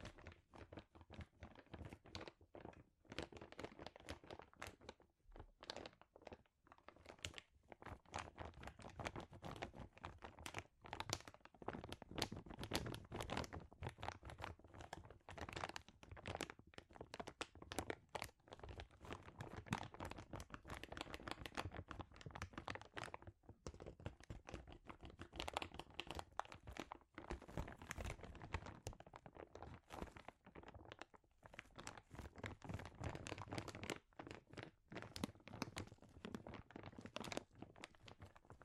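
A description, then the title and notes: Crinkling plastic or paper is handled continuously for the whole stretch, a dense run of rapid crackles and crunches. The sound is bright and busy, with brief quieter gaps near 5, 23 and 31 seconds before the rustling picks up again. ASMR Sensitive Crinkles (No Talking).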